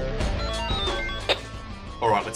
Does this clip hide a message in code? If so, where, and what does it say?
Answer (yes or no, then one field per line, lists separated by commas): no